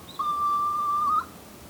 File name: Soft plumaged Petrel Pterodroma mollis